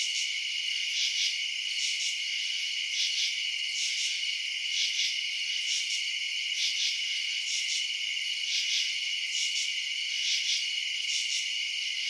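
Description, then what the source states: Crickets trilling in a constant high-pitched chorus, with brighter bursts recurring throughout. Crickets chirping at night in residential suburbs.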